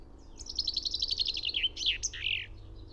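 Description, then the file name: Common chaffinch song: a fast descending series of crisp notes, finishing with an emphatic twisting flourish. "Fringilla coelebs"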